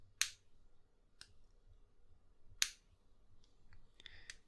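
The push-pull cap of a Parker Frontier fountain pen is pushed onto the plastic body and clicks shut with two sharp, bright snaps at 0.2 and 2.6 seconds. Fainter ticks and light clicking follow around 1.2 seconds and between 4.0 and 4.3 seconds. The cap seats firmly.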